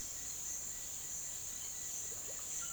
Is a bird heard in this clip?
yes